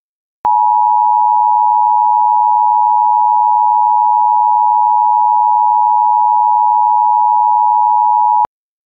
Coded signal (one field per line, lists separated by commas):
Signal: Emergency Alert System (SAME) tones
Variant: 853 and 960 Hz attention tone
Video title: (EAS MOCK) "Severe Thunderstorm Warning" they all say in unison